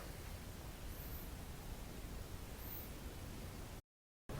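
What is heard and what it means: A new rubber-and-steel GSXR-1000 fork oil seal is set by hand on the top lip of an Ohlins motorcycle fork tube bore, where it sits in but has not seated yet and still needs tapping down with a wood block and a rubber mallet. A steady broadband hiss with faint high whines near 1.1 s and 2.7 s fills the clip, then the sound drops to silence from about 3.8 s and returns abruptly at 4.3 s. No click occurs.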